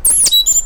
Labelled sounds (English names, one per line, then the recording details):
Stitchbird song
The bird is a male
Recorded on Tiritiri Matangi Island, New Zealand, in 2005
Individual 1, of nest box 1